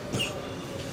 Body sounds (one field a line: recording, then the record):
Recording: coughing mixed with background sound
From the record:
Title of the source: Spring Cold Coughing.